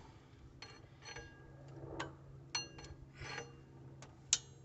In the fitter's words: there we go you just pull it up until it clicks